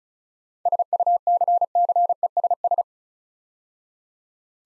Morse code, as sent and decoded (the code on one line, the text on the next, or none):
... ..- -.-. -.-. . ... ...
SUCCESS